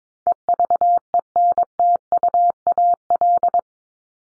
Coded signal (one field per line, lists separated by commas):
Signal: Morse code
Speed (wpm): 22 wpm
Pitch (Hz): 700 Hz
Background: none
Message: EVENTUAL